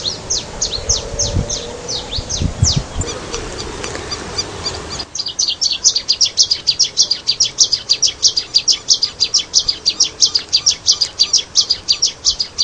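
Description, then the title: Long-tailed reed finch song, a fast series of high, thin repeated notes running steadily for several seconds, with low thumping handling noise early on. "LuckyPassaro Completos2Sama. Long-tailed Reed Finch (Donacospiza albifrons)"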